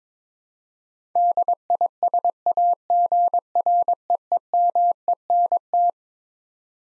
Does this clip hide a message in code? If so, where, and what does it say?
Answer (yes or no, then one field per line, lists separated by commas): yes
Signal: Morse code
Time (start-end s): 1.2-5.9 s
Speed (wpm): 22 wpm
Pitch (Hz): 700 Hz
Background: none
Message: DISAGREEMENT